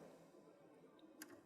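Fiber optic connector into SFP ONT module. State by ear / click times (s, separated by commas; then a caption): seated / 1.2 s. A plastic keyed fiber optic cable connector is pushed into an SFP ONT stick module and gives a single short, sharp click at 1.2 s. The connector seats and feels solid. Before the click, only a low, steady background hum is heard.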